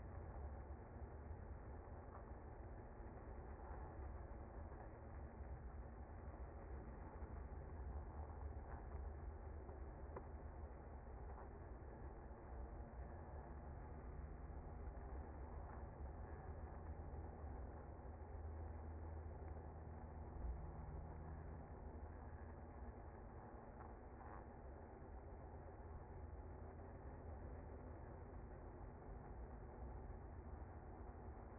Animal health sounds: honeybee colony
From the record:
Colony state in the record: active

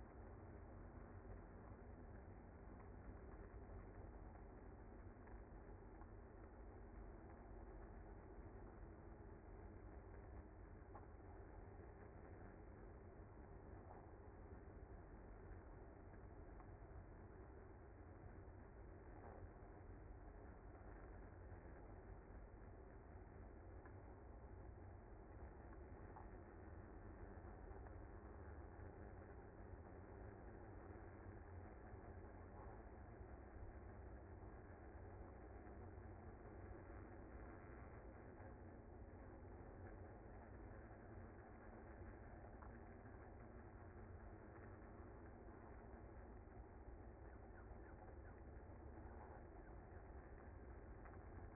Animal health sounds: honeybee colony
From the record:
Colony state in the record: active

